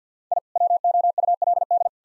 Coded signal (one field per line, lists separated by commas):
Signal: Morse code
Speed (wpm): 50 wpm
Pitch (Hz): 700 Hz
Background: none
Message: I WOULD